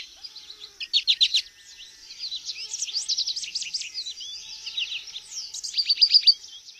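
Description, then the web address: American goldfinch song: a lively, rambling string of high, rapid twitters and slurred chips, with louder clusters near the start and end. North American bird. "Songs of Birds of North America Stokes. American Goldfinch"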